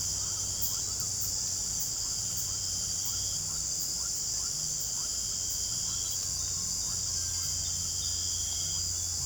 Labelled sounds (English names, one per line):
none